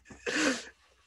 This is the 8th time this episode he has sneezed into the microphone.